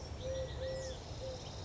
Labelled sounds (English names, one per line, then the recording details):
Eurasian Collared Dove
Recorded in Sonoma County, California